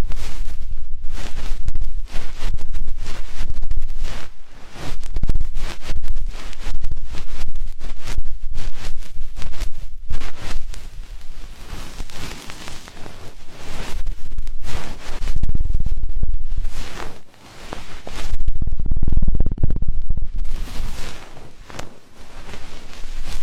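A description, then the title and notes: Deep ear cleaning and massage: dense, scratchy rustling and rubbing that rarely lets up, made of quick overlapping strokes. Soft low thumps swell around the sixteen- and nineteen-second marks, and the scraping briefly drops away near seventeen and twenty-two seconds. Enhanced version of deep ear cleaning, massage.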